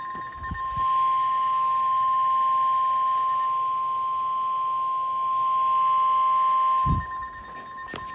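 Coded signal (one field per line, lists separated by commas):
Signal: Emergency Alert System (SAME) tones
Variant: 1050 Hz attention tone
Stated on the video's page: Required Weekly Test tones on NOAA weather radio station WWF48, Mt Greylock.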